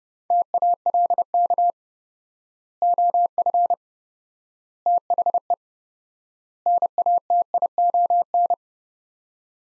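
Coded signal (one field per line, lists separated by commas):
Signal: Morse code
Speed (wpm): 30 wpm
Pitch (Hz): 700 Hz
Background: none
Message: TALK OF THE NATION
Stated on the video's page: 30 wpm Morse practice of four-word sets with 4x word spacing, a Farnsworth-like drill for head-copying phrases, each set followed by speech.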